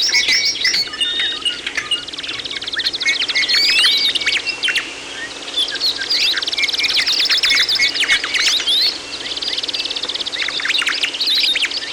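Bird chorus of rapid chirps and buzzy high trills, several birds singing at once with a brief dip in activity before the chattering resumes.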